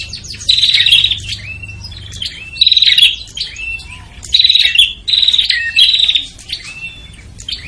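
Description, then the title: Prinia calls: five bursts of buzzy, sizzling notes interspersed with thin twittering and short slurred whistles. Noisy prinia calls used as a lure to attract prinias, including red-headed and visiting birds. "Suara Prenjak Ribut Buat Pikat Burung Prenjak Kepala Merah Prenjak Tamu"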